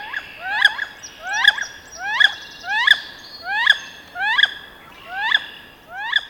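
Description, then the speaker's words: Wood duck repeating rising, sharp whistled squeals, about eight calls at a steady pace, a little under a second apart. Call is almost an electronic noise; made mostly during mating times, to attract females. "But here is the sound of a wood duck. So if you hear this, there might be a wood duck nearby."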